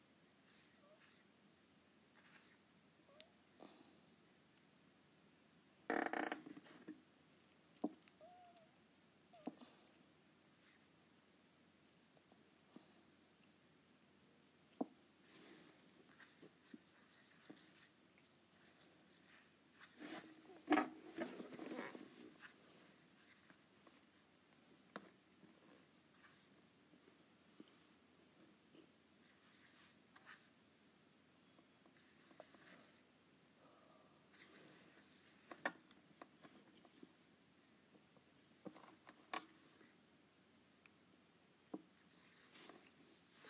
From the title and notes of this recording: ASMR Apple Pencil on iPad.